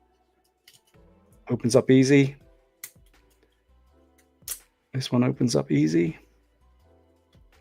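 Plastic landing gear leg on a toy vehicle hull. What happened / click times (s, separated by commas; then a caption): Small plastic part is handled, not yet locked in place / none. A plastic landing gear leg on a small plastic toy starship hull is handled and folded out while someone talks, with faint light taps and one sharper tick near 2.8 s. The leg has not yet locked into position; nothing has seated or clicked yet.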